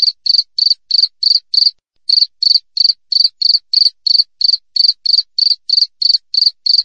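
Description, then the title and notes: Cricket producing crisp, high chirps at a brisk steady rate, interrupted once by a short pause, against a silent background. Clear wild cricket chirping with closely spaced pauses. "Jangkrik Alam Jernih, Jeda Rapat. suara jangkrik"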